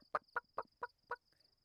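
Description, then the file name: Chicken clucking, five short low clucks in quick succession about a quarter second apart, with a faint steady high tone behind. "Huhn"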